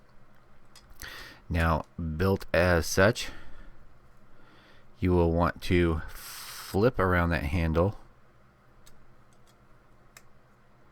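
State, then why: Not seated. The plastic handle of a plastic model kit sniper rifle is handled and flipped around on the rifle body while someone talks, with a few faint ticks and light rubbing in the quiet gaps. Nothing has seated or clicked yet; the handle has not snapped into place by the end of the clip.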